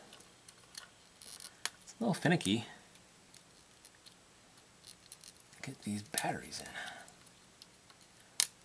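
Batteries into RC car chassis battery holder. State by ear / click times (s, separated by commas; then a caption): seated / 8.4 s. AAA batteries are pressed into the chassis battery holder of a Kyosho Mini-Z Camaro ZL1 RC car while someone talks, with small clicks and fumbling throughout. A sharp, loud snap at 8.4 s marks the last battery seating in the holder.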